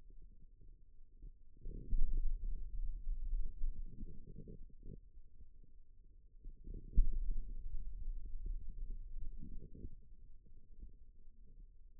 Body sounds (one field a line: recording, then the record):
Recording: forearm muscle sounds (acoustic myography)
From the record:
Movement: pen grasping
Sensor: system 2, bracelet of six BSWA MPA416 microphones around the upper forearm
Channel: 1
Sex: male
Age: 22 years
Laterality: right